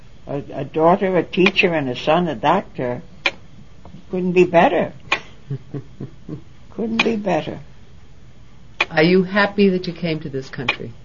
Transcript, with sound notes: A daughter a teacher and a son a doctor, couldn't be better. ( she laughs ) Couldn't be better.
Are you happy that you came to this country?